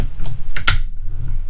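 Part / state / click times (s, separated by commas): saw blade into reciprocating saw blade clamp / seated / 0.7 s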